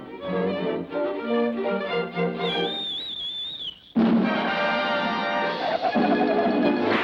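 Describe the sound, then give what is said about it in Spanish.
A short, high wavering whistle rises and bends for about a second and a half, set against dense, loud music that drops out briefly before swelling back in. “Dile a Boggy que si tanto me quiere, lo único que tiene que hacer es silbar.”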